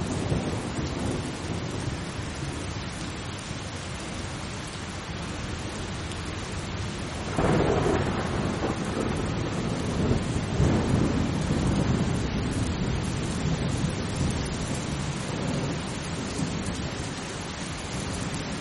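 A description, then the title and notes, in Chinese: Steady, calm rain falls in a dense, even hiss that fills the whole clip. Around the seven-second mark a low rumble of thunder swells in and lingers, deepening the sound for several seconds before settling back into the constant downpour. 助眠雷雨声：平静的雨。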